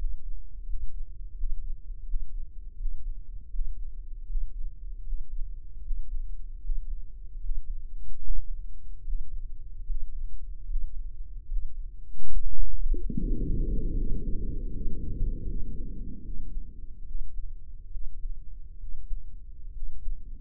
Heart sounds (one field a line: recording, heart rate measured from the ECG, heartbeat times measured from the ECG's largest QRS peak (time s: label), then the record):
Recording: heart sounds by microphone in the right ear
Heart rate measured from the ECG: 75 bpm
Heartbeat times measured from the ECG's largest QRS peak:
0.63 s: heartbeat
1.33 s: heartbeat
2.04 s: heartbeat
2.75 s: heartbeat
3.49 s: heartbeat
4.25 s: heartbeat
5.02 s: heartbeat
5.81 s: heartbeat
6.59 s: heartbeat
7.39 s: heartbeat
8.20 s: heartbeat
9.03 s: heartbeat
9.84 s: heartbeat
10.66 s: heartbeat
11.46 s: heartbeat
12.28 s: heartbeat
13.13 s: heartbeat
13.94 s: heartbeat
14.71 s: heartbeat
15.45 s: heartbeat
16.22 s: heartbeat
17.04 s: heartbeat
17.90 s: heartbeat
18.77 s: heartbeat
19.71 s: heartbeat
From the record:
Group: healthy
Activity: breath hold 0-12 s, rest 12-20 s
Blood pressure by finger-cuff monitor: 121/78 mmHg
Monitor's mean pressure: 88 mmHg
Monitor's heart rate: 75 bpm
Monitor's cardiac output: 7.1 L/min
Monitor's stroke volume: 92 mL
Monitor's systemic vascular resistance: 910 dyn s/cm5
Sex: male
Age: 23 years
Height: 178 cm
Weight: 96.6 kg